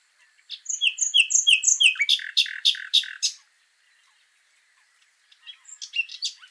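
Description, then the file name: Common nightingale song: a few clear whistled notes leading into a fast run of loud, harsh repeated notes, a pause, then another phrase starting near the end. "Luscinia megarhynchos"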